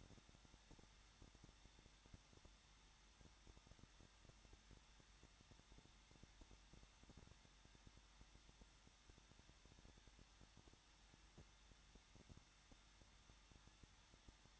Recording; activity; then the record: daily activity, microphone in the room; no activity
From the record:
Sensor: 3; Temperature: 21.2 degrees Celsius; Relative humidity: 36.4%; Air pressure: 1006.3 hPa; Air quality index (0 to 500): 223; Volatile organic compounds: 43 ppm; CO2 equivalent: 3191 ppm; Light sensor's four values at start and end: 2/3/2/2 and 2/3/2/2